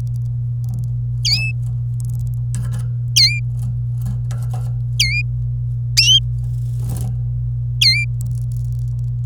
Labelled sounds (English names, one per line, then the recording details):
Domestic Canary song
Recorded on 26 April 2018 at 05:48
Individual llb3